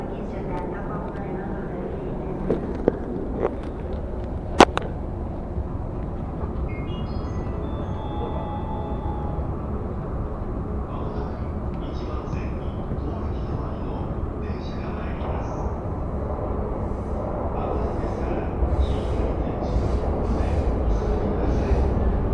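A ride on a Tokyo commuter train, the Yamanote and Keihin-Tohoku lines, with a steady low rumble of the carriage throughout. Sharp clicks and a loud knock come early, around two to five seconds, and muffled voices and chirps of announcements or brakes surface in the second half.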